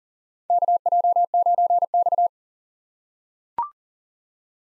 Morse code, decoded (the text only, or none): KJ9X